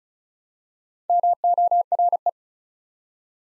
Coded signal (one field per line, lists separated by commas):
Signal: Morse code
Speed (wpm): 36 wpm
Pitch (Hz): 700 Hz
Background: none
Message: MORE